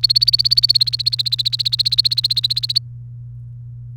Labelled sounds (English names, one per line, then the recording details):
Domestic Canary song
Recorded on 29 April 2018 at 16:05
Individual llb3